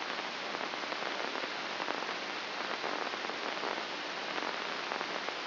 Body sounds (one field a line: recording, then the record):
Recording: brain microelectrode recording played as sound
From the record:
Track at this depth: inside the subthalamic nucleus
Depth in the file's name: 6.029 mm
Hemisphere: left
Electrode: 2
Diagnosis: Parkinson's disease